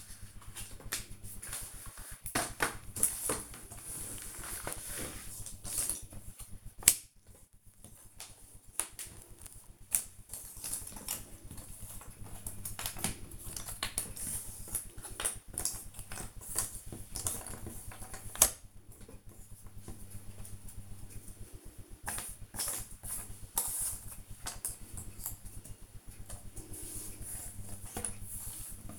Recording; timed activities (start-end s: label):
household activities, microphone on the right wrist
0.78-28.99 s: doing a puzzle